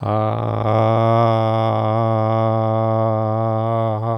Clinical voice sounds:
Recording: sustained vowel /a/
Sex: male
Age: 60 to 69 years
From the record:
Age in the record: 60 years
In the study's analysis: included

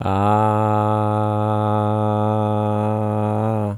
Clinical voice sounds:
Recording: sustained vowel /a/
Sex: male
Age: 60 to 69 years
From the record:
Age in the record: 69 years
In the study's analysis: included

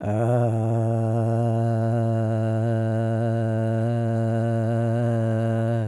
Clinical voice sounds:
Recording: sustained vowel /a/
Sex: male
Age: 60 to 69 years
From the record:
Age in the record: 65 years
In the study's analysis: excluded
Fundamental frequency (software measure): 113 Hz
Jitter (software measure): 0.41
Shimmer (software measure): 0.71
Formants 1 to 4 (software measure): 624 Hz, 1494 Hz, 2962 Hz, 4013 Hz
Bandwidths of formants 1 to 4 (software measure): 81 Hz, 167 Hz, 284 Hz, 401 Hz

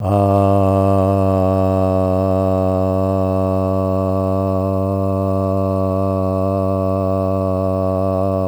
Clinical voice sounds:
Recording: sustained vowel /a/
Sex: male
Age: 60 to 69 years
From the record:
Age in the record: 63 years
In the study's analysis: included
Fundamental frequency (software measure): 95 Hz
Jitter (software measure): 0.18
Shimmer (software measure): 1.01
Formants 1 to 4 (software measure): 615 Hz, 1131 Hz, 2707 Hz, 3872 Hz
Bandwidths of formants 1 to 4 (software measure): 93 Hz, 98 Hz, 302 Hz, 451 Hz

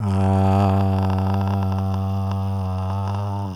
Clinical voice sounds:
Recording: sustained vowel /a/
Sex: male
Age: 60 to 69 years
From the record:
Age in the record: 62 years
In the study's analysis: included

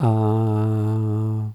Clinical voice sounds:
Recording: sustained vowel /a/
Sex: male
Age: 60 to 69 years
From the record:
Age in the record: 62 years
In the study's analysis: included

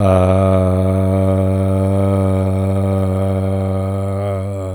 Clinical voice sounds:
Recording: sustained vowel /a/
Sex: male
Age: 70 to 79 years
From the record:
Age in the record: 72 years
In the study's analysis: included

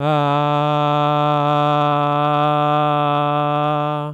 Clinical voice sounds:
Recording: sustained vowel /a/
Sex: male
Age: 70 to 79 years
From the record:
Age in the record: 71 years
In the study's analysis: included

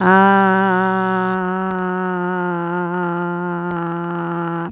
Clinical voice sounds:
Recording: sustained vowel /a/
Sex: female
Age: 60 to 69 years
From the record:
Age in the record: 68 years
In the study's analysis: included

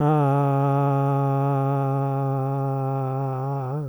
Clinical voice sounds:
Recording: sustained vowel /a/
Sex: male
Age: 70 to 79 years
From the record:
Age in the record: 74 years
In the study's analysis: included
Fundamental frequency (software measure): 138 Hz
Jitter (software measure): 0.29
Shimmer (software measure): 0.78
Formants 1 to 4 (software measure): 758 Hz, 1268 Hz, 2512 Hz, 3367 Hz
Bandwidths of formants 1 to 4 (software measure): 169 Hz, 174 Hz, 320 Hz, 340 Hz

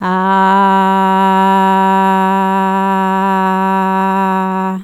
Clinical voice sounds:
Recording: sustained vowel /a/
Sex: female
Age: 40 to 49 years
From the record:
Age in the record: 46 years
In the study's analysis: included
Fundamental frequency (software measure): 192 Hz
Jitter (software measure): 0.31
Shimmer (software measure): 0.79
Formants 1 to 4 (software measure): 948 Hz, 1624 Hz, 2726 Hz, 3865 Hz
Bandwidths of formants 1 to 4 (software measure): 85 Hz, 298 Hz, 158 Hz, 245 Hz

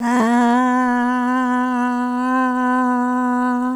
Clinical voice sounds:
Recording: sustained vowel /a/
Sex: female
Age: 70 to 79 years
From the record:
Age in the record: 70 years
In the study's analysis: excluded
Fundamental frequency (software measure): 251 Hz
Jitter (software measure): 0.37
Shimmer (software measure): 0.75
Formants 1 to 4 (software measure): 967 Hz, 1558 Hz, 2612 Hz, 4042 Hz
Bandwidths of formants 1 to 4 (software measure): 64 Hz, 258 Hz, 275 Hz, 343 Hz

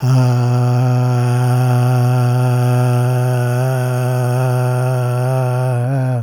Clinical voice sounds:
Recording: sustained vowel /a/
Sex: male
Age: 60 to 69 years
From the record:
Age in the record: 65 years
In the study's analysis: excluded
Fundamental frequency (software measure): 124 Hz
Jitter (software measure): 0.49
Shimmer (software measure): 0.90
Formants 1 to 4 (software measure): 739 Hz, 1407 Hz, 2569 Hz, 3363 Hz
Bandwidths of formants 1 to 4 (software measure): 135 Hz, 139 Hz, 257 Hz, 367 Hz

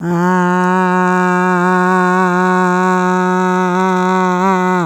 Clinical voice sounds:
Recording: sustained vowel /a/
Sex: female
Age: 60 to 69 years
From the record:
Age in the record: 66 years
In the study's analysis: included

